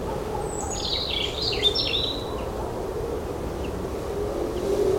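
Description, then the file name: European robin song: one high, rapid warbling phrase near the start, descending and wavering, then mostly a low continuous rumble. "Erithacus rubecula"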